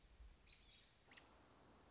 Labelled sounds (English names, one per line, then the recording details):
American Robin
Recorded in Sonoma County, California